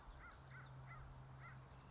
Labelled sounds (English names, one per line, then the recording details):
American Crow
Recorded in Sonoma County, California